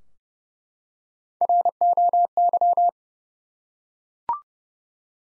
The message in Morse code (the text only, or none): ROY